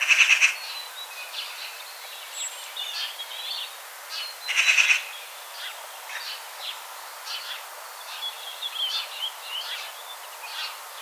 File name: Pica pica